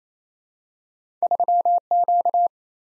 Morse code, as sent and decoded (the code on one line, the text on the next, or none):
...-- --.-
3Q